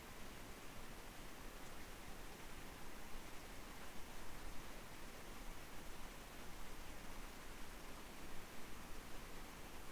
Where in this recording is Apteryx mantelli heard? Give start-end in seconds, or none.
none